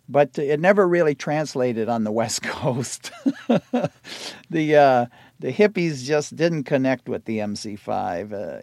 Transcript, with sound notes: but it never really translated on the West Coast (laughter). The hippies just didn't connect with the MC5.